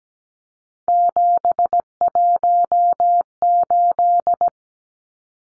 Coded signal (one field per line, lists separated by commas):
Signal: Morse code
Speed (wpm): 17 wpm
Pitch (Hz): 700 Hz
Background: none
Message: 718